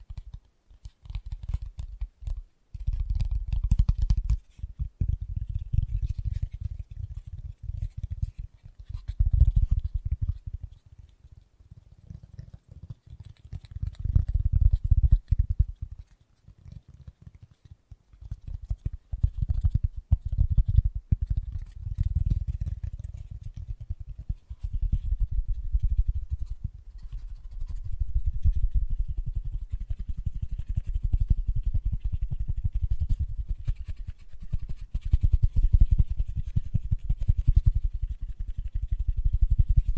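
Fast, gentle tapping: rapid soft taps run together into a dense, muffled, low patter. It comes in bursts broken by brief pauses near 3, 11, 16 and 24 seconds, then runs more steadily and evenly through the final fifteen seconds.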